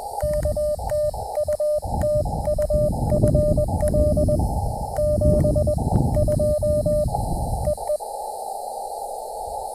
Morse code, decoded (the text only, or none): K TU TU FL 72 EE